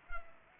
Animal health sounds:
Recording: mosquito wingbeat signal from an infrared sensor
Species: Culex pipiens

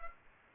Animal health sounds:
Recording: mosquito wingbeat signal from an infrared sensor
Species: Aedes aegypti

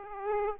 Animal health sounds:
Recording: mosquito wingbeat signal from an infrared sensor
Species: Aedes aegypti

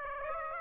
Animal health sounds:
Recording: mosquito wingbeat signal from an infrared sensor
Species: Aedes aegypti

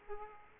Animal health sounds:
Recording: mosquito wingbeat signal from an infrared sensor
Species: Aedes aegypti

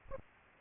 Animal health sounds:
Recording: mosquito wingbeat signal from an infrared sensor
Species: Aedes albopictus

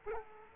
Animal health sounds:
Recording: mosquito wingbeat signal from an infrared sensor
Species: Culex quinquefasciatus

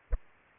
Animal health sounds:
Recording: mosquito wingbeat signal from an infrared sensor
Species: Aedes aegypti

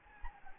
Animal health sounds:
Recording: mosquito wingbeat signal from an infrared sensor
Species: Anopheles gambiae

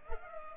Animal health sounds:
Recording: mosquito wingbeat signal from an infrared sensor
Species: Culex pipiens

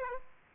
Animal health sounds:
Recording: mosquito wingbeat signal from an infrared sensor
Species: Aedes aegypti

